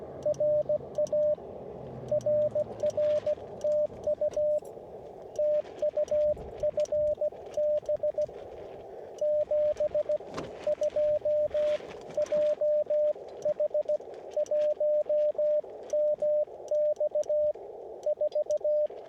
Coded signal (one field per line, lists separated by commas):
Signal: Morse code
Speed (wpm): 16 wpm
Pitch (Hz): 600 Hz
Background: radio noise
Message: RA RR TU TU FB 72 JH1MX4